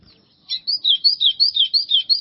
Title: Canto Do Golinha